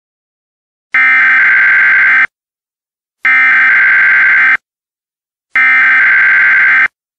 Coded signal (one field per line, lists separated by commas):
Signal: Emergency Alert System (SAME) tones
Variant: header bursts